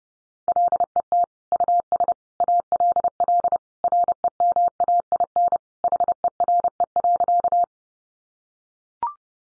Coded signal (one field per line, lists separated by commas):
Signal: Morse code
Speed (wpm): 29 wpm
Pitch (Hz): 700 Hz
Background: none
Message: LET US ALL REMAIN HERE.